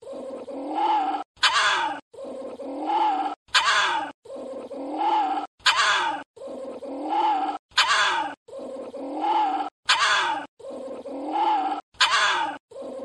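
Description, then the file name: Small Indian civet calling: a wavering, moaning tone followed by a sharp harsh burst, the pair repeated about every two seconds throughout. "Tieng chon huong"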